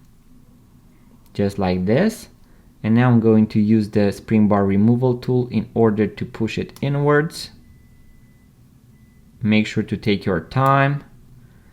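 During a strap change on a Seiko 5 watch, the second spring bar is pushed inward with a spring bar removal tool and manoeuvred toward the watch case lug hole, compressed and lined up. Someone talks through most of the clip, with quiet pauses around 2.3–2.8 s and 7.5–9.4 s. The spring bar has not seated or clicked in yet.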